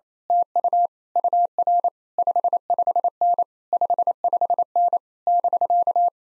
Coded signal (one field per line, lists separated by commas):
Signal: Morse code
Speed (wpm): 26 wpm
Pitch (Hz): 700 Hz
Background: none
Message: TU UR 55N 55N <BK>